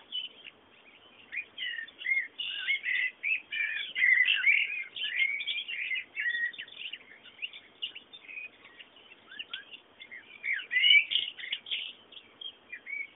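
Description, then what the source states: Bird chirps and short whistles in a steady, jumbled run throughout, swelling louder near the middle and end. Background bird sounds.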